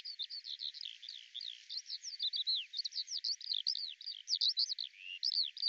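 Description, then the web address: Eurasian skylark song of rapid, varied twittering and looping whistles, flowing nonstop and high-pitched over a quiet hiss. "Deverinetal 2025 Bird Al Ar"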